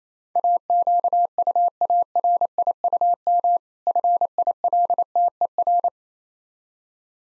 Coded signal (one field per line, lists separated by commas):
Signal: Morse code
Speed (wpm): 27 wpm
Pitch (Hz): 700 Hz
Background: none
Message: AQUARIUM FILTER